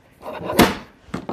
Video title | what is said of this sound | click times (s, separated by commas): Important details & a DROP TEST!!! | Closes up as simple as that and locks in place. | 0.6 s